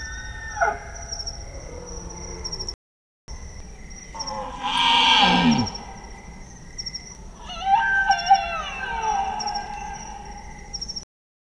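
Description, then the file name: Bactrian deer vocalizing: a short falling cry, then a harsh noisy roar around five seconds, followed by a high bugle with sweeping harmonics, over a steady background whine. Male, a single animal. "Cervus elaphus bactrianus 1 male"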